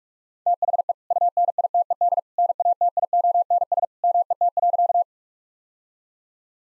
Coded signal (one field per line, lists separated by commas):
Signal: Morse code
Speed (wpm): 42 wpm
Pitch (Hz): 700 Hz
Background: none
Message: THE UNITED NATIONS MET.